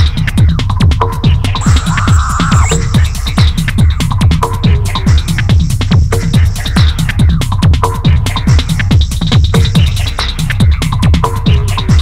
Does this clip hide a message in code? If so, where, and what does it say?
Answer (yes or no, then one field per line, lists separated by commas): no